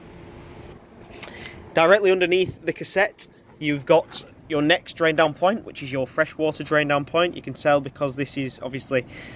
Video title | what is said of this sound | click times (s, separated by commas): Autocruise Stardream- Emm Bee motorhomes | and push that until you hear that click that blue tab that will then rest in place | 1.2 s